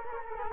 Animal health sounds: mosquito wingbeat signal from an infrared sensor; Culex quinquefasciatus

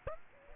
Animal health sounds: mosquito wingbeat signal from an infrared sensor; Aedes aegypti

